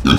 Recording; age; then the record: pig call; growing-finishing pig (85 days or more)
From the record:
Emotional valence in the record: positive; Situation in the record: run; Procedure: transit